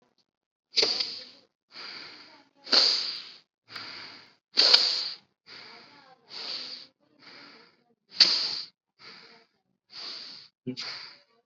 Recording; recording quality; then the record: deep breathing; excellent, no background noise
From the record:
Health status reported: COVID-19 positive, mild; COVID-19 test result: positive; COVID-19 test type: RT-PCR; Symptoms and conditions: cough, fever, muscle pain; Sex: male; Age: 41 years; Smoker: no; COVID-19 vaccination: both doses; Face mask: worn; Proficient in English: yes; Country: India